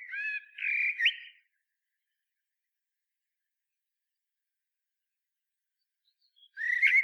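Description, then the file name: Common blackbird: two short whistled phrases in the first second and a half, then a long silence before another phrase begins at the end. "Turdus merula"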